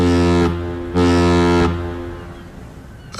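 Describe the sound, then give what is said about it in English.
A deep, loud ship horn blows before the boat's departure, sounding in two long blasts with a short gap between them, its low tone rich with harmonics, then fades into a quiet rumble before another blast starts. “Boats do not wait for people.”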